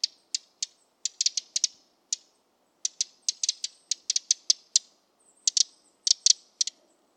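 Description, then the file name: Eurasian wren calls: hard, dry ticking notes in an uneven series, sometimes bunched into quick rattling clusters, with short pauses between. "Troglodytes troglodytes"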